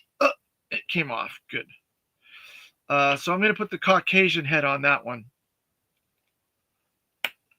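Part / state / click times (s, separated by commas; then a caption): action figure head onto figure neck peg / seated / 7.2 s. A swapped plastic head is pushed onto an action figure's neck peg. Someone talks for the first five seconds, and after a pause a sharp snap comes at 7.3 s, followed by a faint tick. The head seats on the peg.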